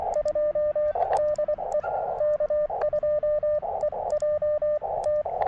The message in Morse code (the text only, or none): 2 DE K2EJT